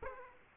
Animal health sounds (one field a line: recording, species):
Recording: mosquito wingbeat signal from an infrared sensor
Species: Aedes aegypti